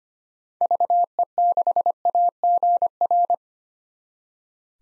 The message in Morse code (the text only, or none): VE6AGR